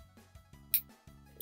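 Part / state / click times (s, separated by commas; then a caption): detachable controller onto handheld console side rail / seated / 0.7 s. A neon red Joy-Con controller is slid down the side rail of a Nintendo Switch handheld console until it locks into place. A sharp, bright click rings out at 0.7 s over a steady tonal background, followed by a smaller tap near the end. The controller is seated on the rail.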